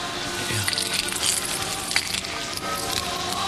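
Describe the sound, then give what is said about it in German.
A bunch of keys, including a house key and the key of a service car, jingles and clinks continuously for a few seconds, bright metallic rattling with scattered sharper chinks as the ring is handed over, no voices. “Ah, da ist mein Hausschlüssel mit bei.”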